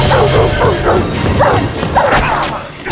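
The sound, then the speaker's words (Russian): A huge black dog growls and barks aggressively as it attacks a man, a rapid series of about five harsh, mid-pitched barks, loud over a dense, noisy background with a low rumble underneath. “Но неожиданно рядом с собой он услышал грозное рычание.”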